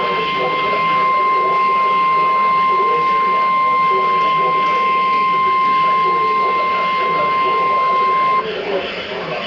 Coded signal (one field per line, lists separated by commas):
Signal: Emergency Alert System (SAME) tones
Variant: 1050 Hz attention tone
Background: speech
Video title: EAS Alert #51 - Severe Thunderstorm Warning #19 5/30/13